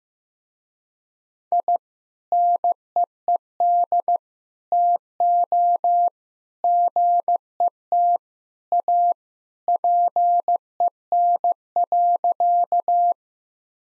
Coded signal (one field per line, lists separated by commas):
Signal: Morse code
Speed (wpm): 15 wpm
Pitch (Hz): 700 Hz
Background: none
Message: I NEED TO GET A PEN.